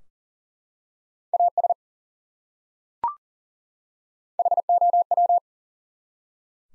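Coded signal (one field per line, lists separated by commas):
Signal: Morse code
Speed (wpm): 40 wpm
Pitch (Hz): 700 Hz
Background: none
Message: AS HOW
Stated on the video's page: Head-copy drill of the 100 most common English words at 40 wpm, each word sent in Morse, spoken, then sent again.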